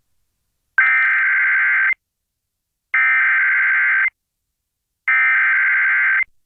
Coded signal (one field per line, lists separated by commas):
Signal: Emergency Alert System (SAME) tones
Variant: header bursts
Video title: MONTGOMERY COUNTY... EAS Alerts From 5/8/24 5/9/24 (EAS#1,034 - #1,058)